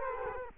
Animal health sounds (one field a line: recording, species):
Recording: mosquito wingbeat signal from an infrared sensor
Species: Culex quinquefasciatus